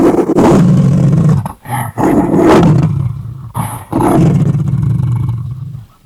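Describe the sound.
An animal gives deep, rough roaring growls in several bursts, broken by short pauses.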